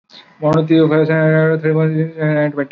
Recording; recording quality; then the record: counting at a fast pace; excellent, no background noise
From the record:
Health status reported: recovered from COVID-19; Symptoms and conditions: none ticked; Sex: male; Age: 25 years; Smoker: not ticked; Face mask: worn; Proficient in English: yes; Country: India